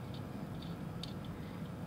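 A small screw is turned backwards into the soft metal base of a 1/64 die-cast model car until it drops into the start of the thread. Faint ticking sounds over a low hum, then a sharp click at 1.0 s as the screw finds the thread and seats.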